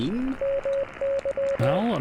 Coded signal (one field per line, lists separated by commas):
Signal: Morse code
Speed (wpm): 20 wpm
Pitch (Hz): 550 Hz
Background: speech, radio noise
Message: MY